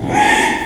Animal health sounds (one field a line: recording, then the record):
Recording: squeal of a Yucatan mini pig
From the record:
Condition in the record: after surgery on the right vocal fold (resection and tissue-engineered implant)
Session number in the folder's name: 3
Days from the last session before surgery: 33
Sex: male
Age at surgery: 12 weeks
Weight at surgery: 13 kg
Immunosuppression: cyclosporine, prednisolone